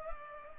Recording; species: mosquito wingbeat signal from an infrared sensor; Culex pipiens